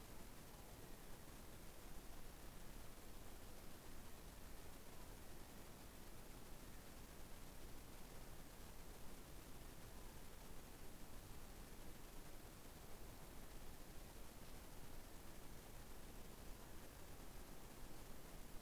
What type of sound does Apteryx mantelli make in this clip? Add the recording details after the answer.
male call. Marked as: faintness 5/5. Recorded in New Zealand on 21 November 2014. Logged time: 02:28. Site CL78